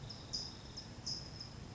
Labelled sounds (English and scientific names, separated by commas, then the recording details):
California Towhee (Melozone crissalis)
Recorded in Sonoma County, California